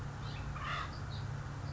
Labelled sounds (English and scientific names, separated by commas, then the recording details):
Acorn Woodpecker (Melanerpes formicivorus)
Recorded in Sonoma County, California